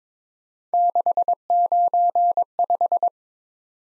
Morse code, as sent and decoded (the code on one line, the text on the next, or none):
-.... ----. .....
695